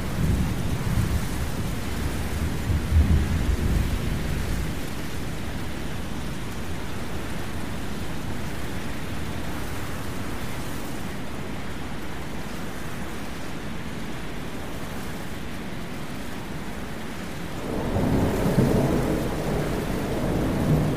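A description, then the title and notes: A steady wash of wind and rain noise from a thunderstorm fills the whole clip, dense and even. Deep low rumbles swell near the start, fading around five seconds, then a heavier rolling rumble of thunder returns from about eighteen seconds to the end. Thunderstorm Sounds. Wind White Noise. Lightning & Thunder.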